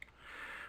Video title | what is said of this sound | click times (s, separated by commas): G1 Doubledealer | push them down good make sure you hear him click and then | 0.0 s